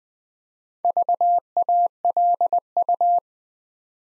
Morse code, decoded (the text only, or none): VALU